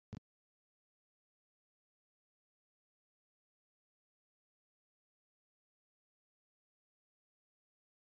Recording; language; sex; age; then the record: short text; Brazilian Portuguese; male; 60 to 69 years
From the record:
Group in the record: control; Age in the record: 67 years